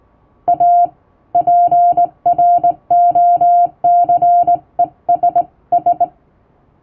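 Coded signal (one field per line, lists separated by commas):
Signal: Morse code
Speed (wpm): 20 wpm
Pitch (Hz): 700 Hz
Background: music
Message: A PROCESS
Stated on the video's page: Hand-keyed plain-language international Morse for amateur receiving practice, sent by a first-class radiotelegraph operator using typing-test practice texts.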